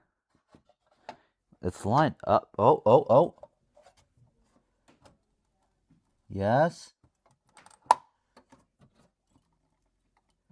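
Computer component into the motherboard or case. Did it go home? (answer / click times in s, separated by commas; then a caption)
partly / 7.9 s. During a motherboard swap, a computer component is lined up and pushed into the motherboard or case while someone talks. A sharp snap is heard at 7.9 s, but the component is not fully seated.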